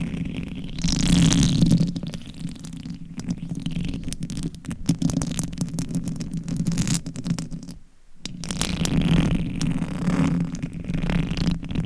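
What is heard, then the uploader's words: Reversed scratching on a microphone, a dense, continuous rasping texture with a strong low rumble underneath. It swells louder around one to two seconds and again after nine seconds, with a brief near-silent gap just before eight seconds. ASMR Reverse Mic Scratching - Brain Scratching for 100% SLEEP - No Talking with Long Nails.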